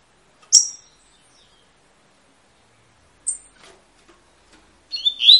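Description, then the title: Double-collared seedeater with two high, clipped notes followed by the start of a quick twittering phrase at the end. Tui-tui song, a tutor song ('canto professor') for teaching young birds; the bird is described as 'fibra'. "COLEIRO TUI TUI FIBRA CANTO PROFESSOR"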